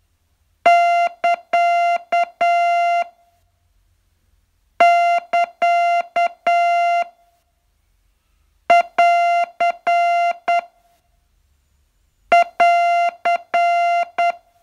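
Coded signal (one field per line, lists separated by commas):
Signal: Morse code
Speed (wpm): 9 wpm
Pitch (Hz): 690 Hz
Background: music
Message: <KA> <KA> <AR> <AR>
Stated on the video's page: Morse training lesson, day 40 of a 42-day course.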